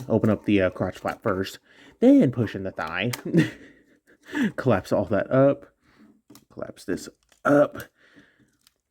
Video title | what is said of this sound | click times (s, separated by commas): The best legends combiner! #Transformers Magic Square Menasor | and then it should nope it doesn't click in place okay | none